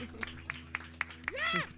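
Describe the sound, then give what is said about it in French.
Five or so crisp hand claps applauding a guest land at an even, steady pace, moderately loud, sparse rather than a full crowd, before a voice starts speaking over the end. “Et d'ailleurs, continuez d'applaudir notre invité là.”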